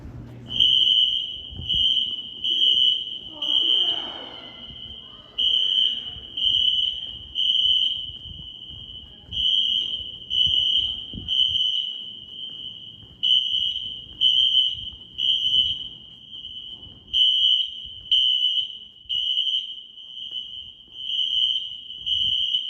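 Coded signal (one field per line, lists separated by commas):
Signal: alarm pattern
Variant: Wheelock NS horn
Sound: harsh 3 kHz horn blaring three pulses, pause, repeating about six times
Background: low background rumble, voices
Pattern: temporal three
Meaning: Temporal-three pattern signals building evacuation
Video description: Early 2000s fire alarm system using white wheelock NS horn strobes.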